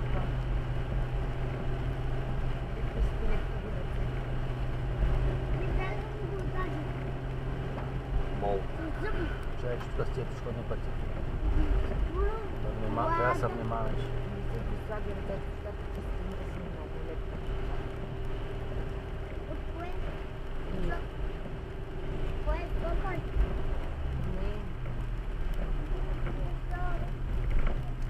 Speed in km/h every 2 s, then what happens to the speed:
51, 51, 50, 50, 51, 48, 46, 48, 46, 47, 45, 45, 41, 35.
0-22 steady at about 48. 22-28 slows to 35.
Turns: none.